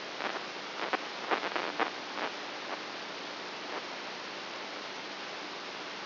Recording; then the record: brain microelectrode recording played as sound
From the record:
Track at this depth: inside the subthalamic nucleus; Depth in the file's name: 4.84 mm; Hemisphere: right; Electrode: 2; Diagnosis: Parkinson's disease